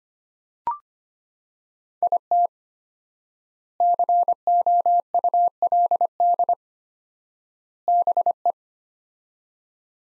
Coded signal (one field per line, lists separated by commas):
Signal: Morse code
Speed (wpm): 25 wpm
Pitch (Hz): 700 Hz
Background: none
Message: IT COULD BE